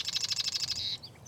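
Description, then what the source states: Marsh wren song: a fast, rattling trill of repeated high notes that blurs into a buzz, followed by two brief thin notes. Recorded in July 2011.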